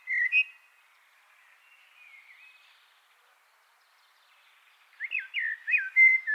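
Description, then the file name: Common blackbird song: a brief fluted note at the start, near silence, then a looping warbled phrase of rising and falling whistles. "Turdus merula"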